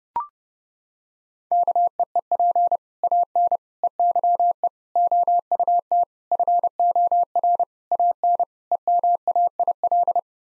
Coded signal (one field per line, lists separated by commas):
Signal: Morse code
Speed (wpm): 28 wpm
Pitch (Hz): 700 Hz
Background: none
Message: KEEP AN EYE OUT FOR AN EMAIL